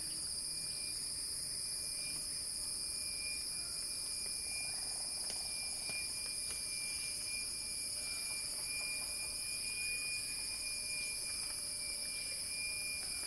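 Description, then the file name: Cicada buzz, even and piercing, with a faint thin tone running through. Cicada song in a crescendo. "earth-fm Axel-Drioli Cicada-Crescendo-Sounding-Wild"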